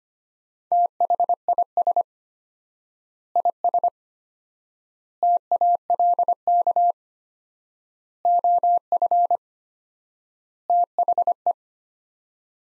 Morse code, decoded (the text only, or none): THIS IS TALK OF THE